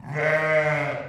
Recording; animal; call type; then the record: contact call of a hoofed animal; sheep; low-frequency (closed-mouth) or high-frequency (open-mouth) call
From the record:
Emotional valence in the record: positive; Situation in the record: reunion with pen mate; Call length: 1.10 s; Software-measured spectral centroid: 1700 Hz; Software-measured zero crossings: 2010 a second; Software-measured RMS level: -24 dBFS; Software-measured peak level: -11 dBFS